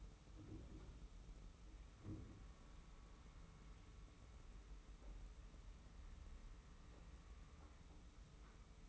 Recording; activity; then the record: daily activity, microphone in the room; wipe stove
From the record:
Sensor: 1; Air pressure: 991.4 hPa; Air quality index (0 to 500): 130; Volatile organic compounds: 393 ppm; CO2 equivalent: 4659 ppm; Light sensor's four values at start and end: 41/128/51/52 and 42/128/51/53